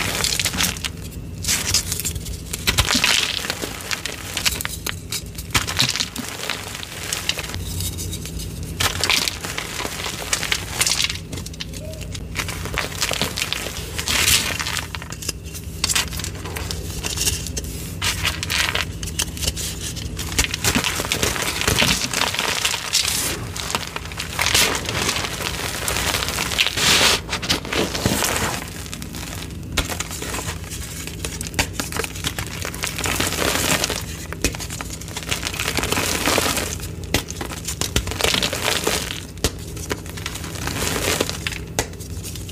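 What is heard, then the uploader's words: Crunchy black iron oxide gym chalk crumbles in a dense, continuous stream of crisp crackles and crinkling grit lasting the full length. The texture stays fairly even, with brief quieter gaps around 12, 21 and 40 seconds, over a steady low hum. Black Iron Oxide *Crush Only* Compilation! Crispy crunchy black iron oxide gym chalk crumbles and oddly satisfying asmr sounds.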